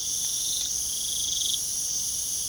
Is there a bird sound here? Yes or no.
no